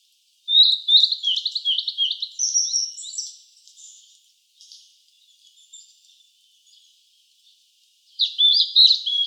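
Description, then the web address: Blue-and-white flycatcher song: a long run of bright, warbled whistled notes that fades out, followed by a quiet pause and a fresh phrase beginning. Recorded 6 May 2014. "birdenaga ooruri S 140506"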